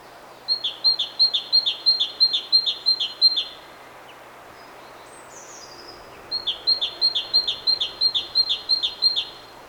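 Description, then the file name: Great tit calls, a rapid series of about eleven high descending notes, then a pause and a similar series again; a brief higher sound in the gap. "Parus major"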